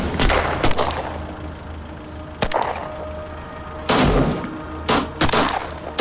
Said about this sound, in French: Des coups de feu retentissent de tous les côtés. C'est un vrai carnage.